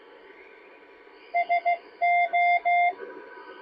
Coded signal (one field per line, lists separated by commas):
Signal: Morse code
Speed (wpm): 15 wpm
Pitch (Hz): 690 Hz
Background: none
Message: SO